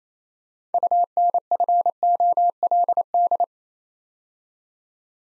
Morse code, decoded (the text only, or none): UNFOLD